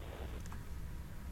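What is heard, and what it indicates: A low, deep rumble with an uneven, gurgling rise and fall lasts just over a second, with no speech over it. These are an adult's ordinary stomach rumbles (borborygmi), the normal sound of gas and fluid moving through the gut.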